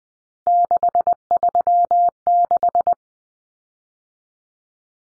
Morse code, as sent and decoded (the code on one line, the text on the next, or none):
-.... ...-- -....
636